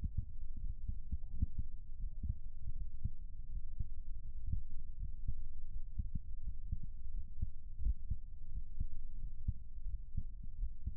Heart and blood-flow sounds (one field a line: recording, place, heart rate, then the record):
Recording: heart sounds by stethoscope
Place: pulmonary valve (PV)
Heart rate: 87 bpm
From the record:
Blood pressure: 117/82 mmHg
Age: 40 years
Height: 173 cm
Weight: 95 kg